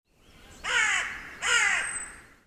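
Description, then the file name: Carrion crow calling two harsh, hoarse caws, under a second apart, against a quiet background. "Corvus corone"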